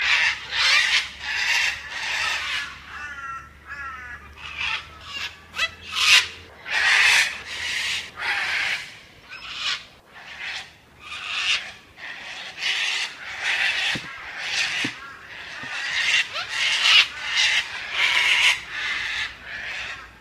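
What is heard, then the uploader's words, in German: A large flock of cockatoos screeches almost without pause, harsh, rasping squawks piling over one another in a shrill, loud din. The calls come in rapid bursts roughly every half second, rising and falling in volume, with a faint low hum underneath. Große Meuten von Kakadus am Cape Gloucester machen einen Höllenlärm, wenn sie vorbeiflieen. Der Sound ist etwas nervig - schrill und laut. Die weißen Vögle mit der netten Haube sind ziemlich groß und schnell unterwegs.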